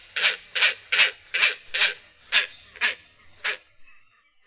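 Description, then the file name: Great crested grebe uttering a series of rough, nasal notes, about eight calls before fading out near the end. "perkozdwuczuby"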